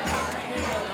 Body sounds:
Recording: coughing mixed with background sound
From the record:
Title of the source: Wet Throat Infection Cough

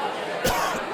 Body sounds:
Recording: coughing mixed with background sound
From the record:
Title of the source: Coughing 51

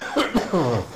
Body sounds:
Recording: coughing mixed with background sound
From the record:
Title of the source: Spring Allergy Coughing

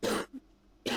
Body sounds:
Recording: coughing mixed with background sound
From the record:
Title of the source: 60 coughing still (deep and wet cough)

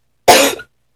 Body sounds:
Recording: coughing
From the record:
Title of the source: 61 morning phlegmy cough...again

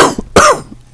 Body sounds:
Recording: coughing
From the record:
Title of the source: Coughing 79

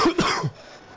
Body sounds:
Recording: coughing mixed with background sound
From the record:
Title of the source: Coughing 46

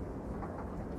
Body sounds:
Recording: background sound without coughing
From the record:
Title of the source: Train Ride Ambience ambient white noise for sleeping, focus, studying, reading

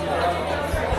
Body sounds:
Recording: background sound without coughing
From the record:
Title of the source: CITY SOUNDS Busy Bar in the Evening Night - 2 HOURS of Ambiance for Relaxation

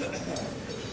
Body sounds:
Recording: coughing mixed with background sound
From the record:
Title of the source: Spring Cold Coughing 3

